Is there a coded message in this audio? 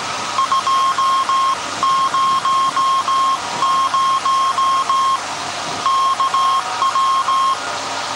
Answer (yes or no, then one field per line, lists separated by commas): yes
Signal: Morse code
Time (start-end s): 0.4-7.5 s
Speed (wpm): 17 wpm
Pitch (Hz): 1070 Hz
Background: none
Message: 200 KW